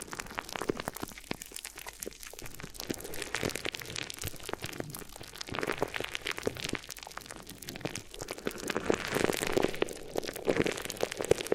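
Crinkly rustling fills the ear massage from start to finish, a dense, irregular run of sharp crackles and snaps. The texture is bright and papery, like rain pattering, with brief quieter dips around the second and sixth seconds and heavier crinkling toward the end.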